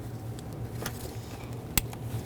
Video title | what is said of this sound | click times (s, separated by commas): How to Replace Alternator 2008-2020 Dodge Grand Caravan | so to do that I'm going to grab the plug slide it on make sure it clicks | 1.8 s